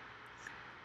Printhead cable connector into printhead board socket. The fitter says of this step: sure that it's seated it should click into place take